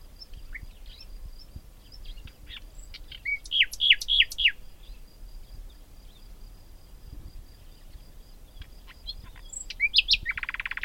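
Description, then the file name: Common nightingale song: a loud fast run of sharp repeated notes, soft scattered calls, and a buzzy rasping sound at the end. "Luscinia megarhynchos"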